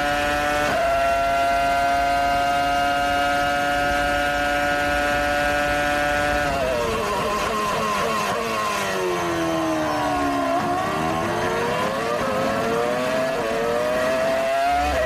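A Formula One race car engine holds a loud, steady high whine for about six seconds. Then the pitch begins to waver, dropping and climbing again in repeated swoops as the revs change, with a constant rough roar underneath throughout.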